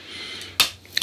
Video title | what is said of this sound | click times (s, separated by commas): How to Replace / Upgrade RAM Memory On ASUS TP300L Transformer Flip Book / Laptop | and then it should snap into place if | 0.6 s, 1.0 s